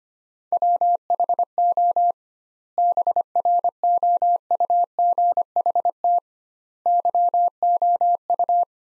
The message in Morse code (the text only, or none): WHO BROUGHT YOU